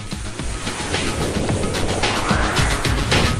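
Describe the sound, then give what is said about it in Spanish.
A steam train rolls along the rails, a steady loud rumble with a repeating clickety-clack of wheels and a broad hiss over it, with no voices. “Tuvo lugar en la historia gracias a la creación del ferrocarril a vapor, barcos a vapor y nuevas máquinas para hilar.”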